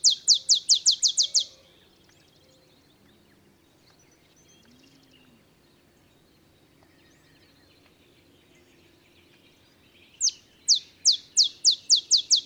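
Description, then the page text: Olive sparrow song opens and closes the passage, each a string of sharp chips, with a quiet stretch between. Simple songs like a field sparrow's bouncing-ball song, early morning, Texas, 50 miles north of the Mexican border. "Birdsong for the Curious Naturalist. Olive sparrow"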